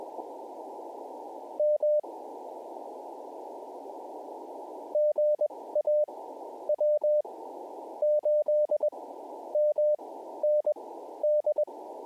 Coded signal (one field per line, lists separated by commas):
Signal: Morse code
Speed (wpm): 21 wpm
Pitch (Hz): 600 Hz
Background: radio noise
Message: M GA W8MND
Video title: Elmodel WMA Activation Jan 1, 2025 #hamradio #cw #pota #parksontheair #qrp #morsecode #potababe